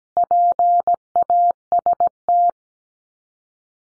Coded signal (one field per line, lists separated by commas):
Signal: Morse code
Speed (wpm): 17 wpm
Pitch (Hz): 700 Hz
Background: none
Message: PAST